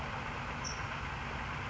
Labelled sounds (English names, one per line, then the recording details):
California Towhee
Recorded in Sonoma County, California